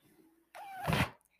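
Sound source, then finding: Home mechanical ventilator. Mechanical ventilator noise.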